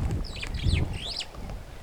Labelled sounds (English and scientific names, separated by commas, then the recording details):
Superb Starling (Lamprotornis superbus) flight call
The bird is a female
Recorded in Kenya on 14 June 2010
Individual 108, of group WDB